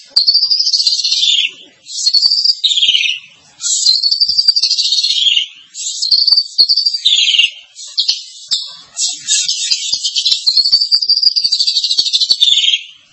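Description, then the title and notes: Starling song: long, loud, harsh phrases that slide between high and mid pitch, separated by short pauses, with some scratchy notes. "suara burung jalak"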